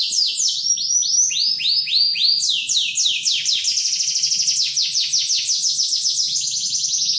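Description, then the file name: Canary song: a rolling trill of fast repeated arched notes, shifting in pitch and speeding up in the second half. Standard canary song. "suara-kicauan-kenari-standar 5-omkicau"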